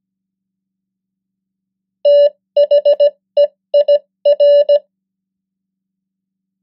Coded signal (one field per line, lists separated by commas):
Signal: Morse code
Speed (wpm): 17 wpm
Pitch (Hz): 580 Hz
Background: none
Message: THEIR